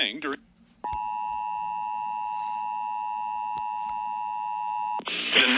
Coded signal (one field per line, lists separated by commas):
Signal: Emergency Alert System (SAME) tones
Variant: 853 and 960 Hz attention tone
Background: speech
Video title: EAS Flash Flood Warning with Severe Thunderstorm Warning WXL40 FM RADIO EAS#171-175